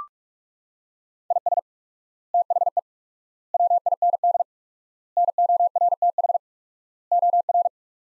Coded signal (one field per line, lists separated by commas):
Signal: Morse code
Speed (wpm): 42 wpm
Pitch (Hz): 700 Hz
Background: none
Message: IS THE WIND NORTH OR